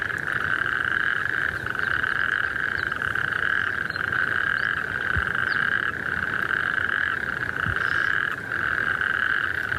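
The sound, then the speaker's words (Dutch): A dense chorus of natterjack toads calling to the females in spring, their loud, rattling trills overlapping into a continuous mid-pitched drone that dips briefly every second or two, with no voices. “We horen achtereenvolgens de boomkikkers, de poelkikkers en de rugstreeppadden.”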